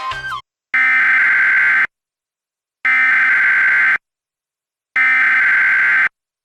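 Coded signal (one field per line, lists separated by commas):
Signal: Emergency Alert System (SAME) tones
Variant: header bursts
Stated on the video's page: Reenactment mock of a real High Wind Warning caught earlier, with valid EAS tones, National Weather Service alert relayed via radio stations.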